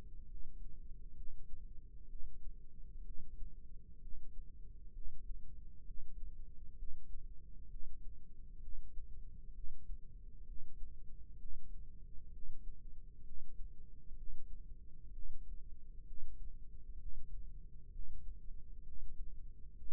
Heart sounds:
heart sounds by microphone in the left ear; 65 bpm
0.28 s: heartbeat
1.15 s: heartbeat
2.08 s: heartbeat
3.03 s: heartbeat
4.00 s: heartbeat
4.92 s: heartbeat
5.84 s: heartbeat
6.76 s: heartbeat
7.68 s: heartbeat
8.60 s: heartbeat
9.53 s: heartbeat
10.45 s: heartbeat
11.37 s: heartbeat
12.30 s: heartbeat
13.23 s: heartbeat
14.15 s: heartbeat
15.11 s: heartbeat
16.04 s: heartbeat
16.97 s: heartbeat
17.90 s: heartbeat
18.83 s: heartbeat
19.75 s: heartbeat
From the record:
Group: healthy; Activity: breath hold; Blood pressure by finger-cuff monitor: 136/61 mmHg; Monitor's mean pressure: 85 mmHg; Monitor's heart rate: 65 bpm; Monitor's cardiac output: 6.3 L/min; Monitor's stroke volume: 97 mL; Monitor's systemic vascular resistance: 950 dyn s/cm5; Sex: female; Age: 37 years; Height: 168 cm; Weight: 70 kg

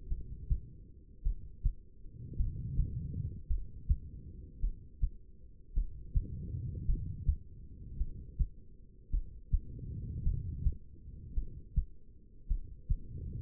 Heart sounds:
heart sounds by stethoscope; 53 bpm
0.08 s: heartbeat
1.23 s: heartbeat
2.37 s: heartbeat
3.47 s: heartbeat
4.60 s: heartbeat
5.74 s: heartbeat
6.86 s: heartbeat
7.97 s: heartbeat
9.10 s: heartbeat
10.23 s: heartbeat
11.34 s: heartbeat
12.48 s: heartbeat
From the record:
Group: heart failure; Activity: rest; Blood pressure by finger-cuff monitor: 88/65 mmHg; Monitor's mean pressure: 73 mmHg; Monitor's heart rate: 53 bpm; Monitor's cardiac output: 2.5 L/min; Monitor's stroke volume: 47 mL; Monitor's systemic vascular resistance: 2070 dyn s/cm5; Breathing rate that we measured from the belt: 17 breaths a minute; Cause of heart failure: non-ischemic cardiomyopathy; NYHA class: 1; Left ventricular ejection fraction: 52%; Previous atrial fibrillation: present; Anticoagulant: apixaban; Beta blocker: bisoprolol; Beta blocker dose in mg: 10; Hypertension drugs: sacubitril-valsartan, spironolactone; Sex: female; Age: 68 years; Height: 169 cm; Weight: 71 kg

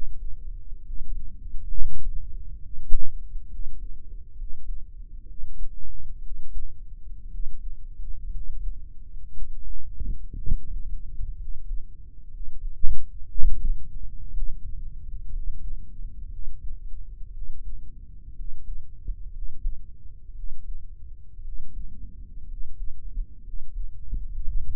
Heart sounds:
heart sounds by microphone in the right ear; 61 bpm
0.81 s: heartbeat
1.72 s: heartbeat
2.58 s: heartbeat
3.47 s: heartbeat
4.35 s: heartbeat
5.24 s: heartbeat
6.20 s: heartbeat
7.28 s: heartbeat
8.29 s: heartbeat
9.31 s: heartbeat
10.37 s: heartbeat
11.35 s: heartbeat
12.28 s: heartbeat
13.27 s: heartbeat
14.30 s: heartbeat
15.29 s: heartbeat
16.27 s: heartbeat
17.30 s: heartbeat
18.33 s: heartbeat
19.29 s: heartbeat
20.32 s: heartbeat
21.41 s: heartbeat
22.45 s: heartbeat
23.41 s: heartbeat
24.41 s: heartbeat
From the record:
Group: healthy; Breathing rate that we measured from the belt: 17 breaths a minute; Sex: male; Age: 23 years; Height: 178 cm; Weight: 96.6 kg

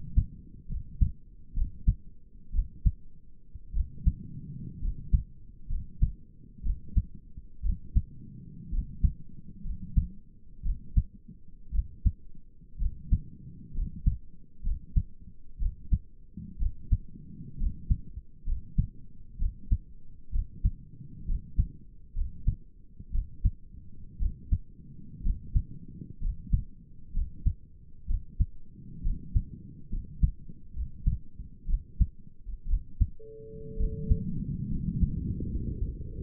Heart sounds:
heart sounds by stethoscope; 62 bpm
0.70 s: heartbeat
1.56 s: heartbeat
2.54 s: heartbeat
3.75 s: heartbeat
4.82 s: heartbeat
5.71 s: heartbeat
6.65 s: heartbeat
7.64 s: heartbeat
8.72 s: heartbeat
9.66 s: heartbeat
10.65 s: heartbeat
11.74 s: heartbeat
12.80 s: heartbeat
13.75 s: heartbeat
14.65 s: heartbeat
15.61 s: heartbeat
16.60 s: heartbeat
17.60 s: heartbeat
18.47 s: heartbeat
19.40 s: heartbeat
20.33 s: heartbeat
21.28 s: heartbeat
22.16 s: heartbeat
23.13 s: heartbeat
24.20 s: heartbeat
25.24 s: heartbeat
26.22 s: heartbeat
27.15 s: heartbeat
28.08 s: heartbeat
29.04 s: heartbeat
29.92 s: heartbeat
30.76 s: heartbeat
31.68 s: heartbeat
32.69 s: heartbeat
33.79 s: heartbeat
34.71 s: heartbeat
35.50 s: heartbeat
From the record:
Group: healthy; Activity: rest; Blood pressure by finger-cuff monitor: 105/61 mmHg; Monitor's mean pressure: 78 mmHg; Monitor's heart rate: 63 bpm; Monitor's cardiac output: 6.2 L/min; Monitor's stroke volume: 102 mL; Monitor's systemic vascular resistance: 910 dyn s/cm5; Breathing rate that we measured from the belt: 14 breaths a minute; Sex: male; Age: 22 years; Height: 181 cm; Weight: 79 kg

